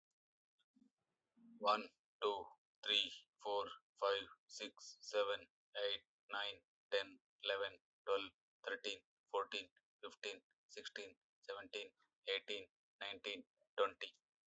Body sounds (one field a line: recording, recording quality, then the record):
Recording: counting at a normal pace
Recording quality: excellent, no background noise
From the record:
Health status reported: healthy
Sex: male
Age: 41 years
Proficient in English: yes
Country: India